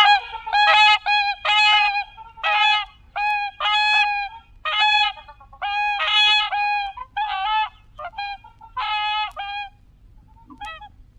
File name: Sound Effects Factory - Whooper Swan Cygnus cygnus